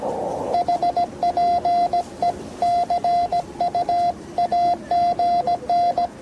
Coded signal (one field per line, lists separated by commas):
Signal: Morse code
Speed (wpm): 17 wpm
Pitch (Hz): 700 Hz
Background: none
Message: HPE CU AGN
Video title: QRP ,bicycle (물금~부산 250km), 국토종주.